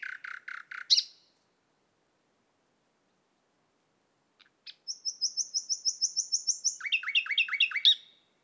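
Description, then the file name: Common nightingale song: a few low throaty notes, then after a pause a long fast series of repeated high piping notes followed by a rattling trill. "Luscinia megarhynchos"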